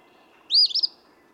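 Eastern phoebe with a single quick, burry fee-bee phrase, a sharp first note followed by a buzzy stuttering end.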